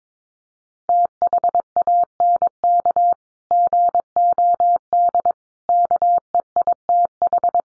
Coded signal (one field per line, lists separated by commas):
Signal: Morse code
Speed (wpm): 22 wpm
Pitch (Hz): 700 Hz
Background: none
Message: THANK GOD KEITH